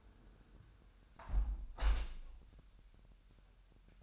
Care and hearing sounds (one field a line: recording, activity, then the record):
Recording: daily activity, microphone in the room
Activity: close window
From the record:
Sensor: 2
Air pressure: 1000.0 hPa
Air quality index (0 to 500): 227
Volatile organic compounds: 58 ppm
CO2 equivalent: 3394 ppm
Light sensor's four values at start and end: 8/20/8/8 and 8/20/8/8